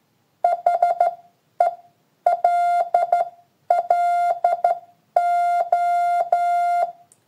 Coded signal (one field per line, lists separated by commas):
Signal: Morse code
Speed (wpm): 12 wpm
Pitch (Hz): 700 Hz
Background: none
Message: HELLO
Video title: MORSE CHAT, l'application idéale pour échanger en morse !